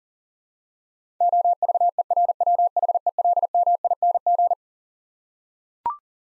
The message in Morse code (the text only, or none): OVERWHELMING